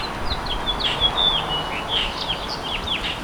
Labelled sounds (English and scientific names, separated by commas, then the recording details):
House Finch (Haemorhous mexicanus) song
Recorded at Babylon on Long Island, New York, on 18 May 2013
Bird H